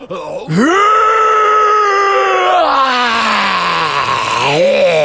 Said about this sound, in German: In diesem Augenblick dringt ein fürchterliches Gebrüll aus dem Iglu.